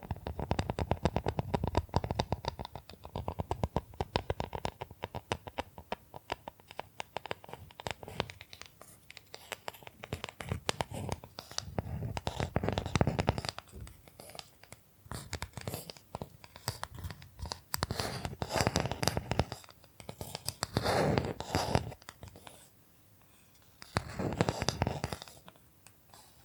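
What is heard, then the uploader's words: Bamboo is tapped, scratched and brushed. Dense runs of quick scratchy strokes and crisp taps come in bursts, with heavier brushing swells around 12, 20 and 25 seconds, separated by brief near-silent pauses. ASMR Brain Tingling Bamboo Tapping, Scratching and Brushing Sounds for Sleep (No Talking).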